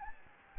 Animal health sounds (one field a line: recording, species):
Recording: mosquito wingbeat signal from an infrared sensor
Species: Anopheles gambiae